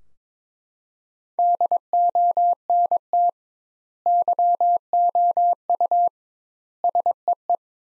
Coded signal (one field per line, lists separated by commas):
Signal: Morse code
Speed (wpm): 22 wpm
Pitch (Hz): 700 Hz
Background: none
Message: DONT YOU SEE